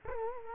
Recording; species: mosquito wingbeat signal from an infrared sensor; Culex quinquefasciatus